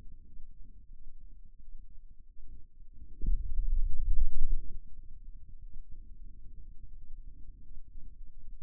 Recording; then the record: forearm muscle sounds (acoustic myography)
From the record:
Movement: pen grasping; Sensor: system 2, bracelet of six BSWA MPA416 microphones around the upper forearm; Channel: 3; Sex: male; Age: 22 years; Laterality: right